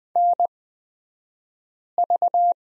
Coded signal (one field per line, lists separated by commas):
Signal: Morse code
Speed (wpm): 20 wpm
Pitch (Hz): 700 Hz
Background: none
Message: NV